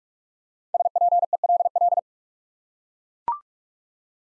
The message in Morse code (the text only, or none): SPELL